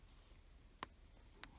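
A plastic locking back is pushed onto the second safety eye post through the crocheted plush-yarn fabric of a toy chicken, over a low background hum. Sharp ratchet clicks sound at 0.8 s and 1.4 s as the back goes down, and the safety eye back clicks on and is seated.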